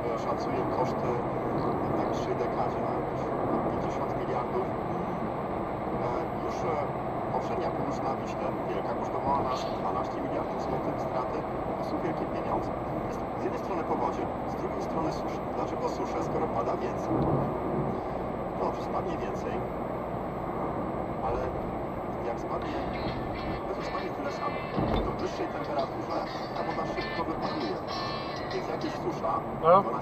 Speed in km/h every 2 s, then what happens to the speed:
79, 79, 79, 80, 78, 77, 76, 75, 75, 74, 73, 72, 71, 70, 71.
0-30 slows to 71.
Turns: none.